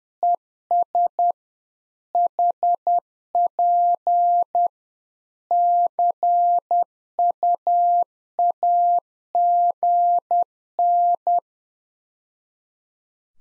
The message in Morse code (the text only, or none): ES HP CUAGN